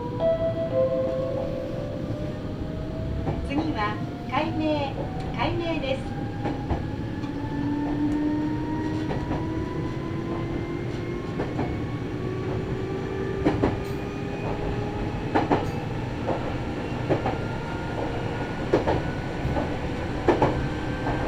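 A Meitetsu Bisai Line train runs with a steady, dense low rumble throughout. Several motor whines climb slowly in pitch as it gathers speed, while sharp clacks from the rails recur, clustered around four seconds and scattered through the second half.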